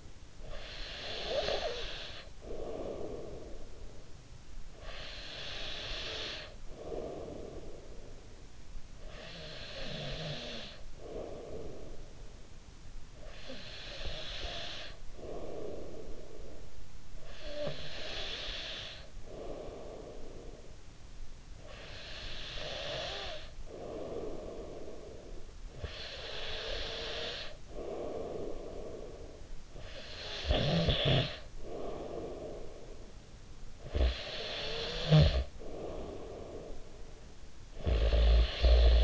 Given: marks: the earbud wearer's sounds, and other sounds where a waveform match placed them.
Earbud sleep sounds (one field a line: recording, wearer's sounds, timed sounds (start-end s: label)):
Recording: sounds in sleep by an in-ear microphone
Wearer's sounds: breath, snoring breath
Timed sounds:
0.00-0.22 s: breath
0.22-4.17 s: snoring breath
4.51-29.61 s: breath
29.61-39.04 s: snoring breath